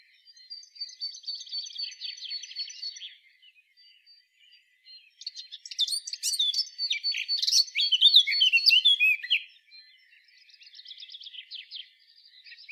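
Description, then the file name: Eurasian blackcap song: a quick rattling run of notes, a pause, then a dense, loud scratchy warble, ending in a softer repeated twittering series. "Sylvia atricapilla"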